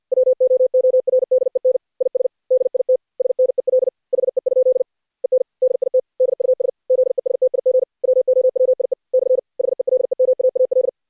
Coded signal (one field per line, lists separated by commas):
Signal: Morse code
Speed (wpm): 50 wpm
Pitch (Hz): 510 Hz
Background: none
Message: WOORDEN IS DIT SNEL HE? EN DIT DUS ZESTIG WOWIE / HELEMAAL